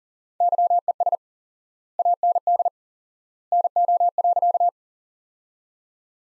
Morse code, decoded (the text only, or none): YES AND NO.